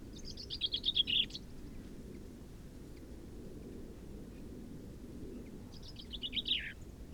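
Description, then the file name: Common chaffinch song, two descending trilled phrases about five seconds apart, the second quieter and ending in a downward flourish, over a low steady background rumble. "Fringilla coelebs"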